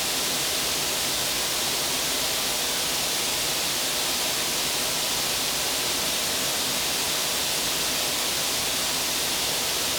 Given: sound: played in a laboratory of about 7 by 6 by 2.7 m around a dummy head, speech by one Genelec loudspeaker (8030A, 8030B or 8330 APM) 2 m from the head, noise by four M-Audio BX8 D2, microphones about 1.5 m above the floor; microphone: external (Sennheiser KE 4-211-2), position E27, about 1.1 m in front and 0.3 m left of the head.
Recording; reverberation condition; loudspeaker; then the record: white noise; high; four, about 170 cm from the corners of the room and facing them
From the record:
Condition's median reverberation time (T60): about 1300 ms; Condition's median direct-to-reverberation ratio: about -4.0 dB